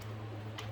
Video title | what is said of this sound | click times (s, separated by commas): 1:7 twist Daewoo K1A1 barrel, Part 2 | Gotta put a little bit of pressure on there, but snaps into place real good and tight, | 0.6 s